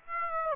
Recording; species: mosquito wingbeat signal from an infrared sensor; Aedes aegypti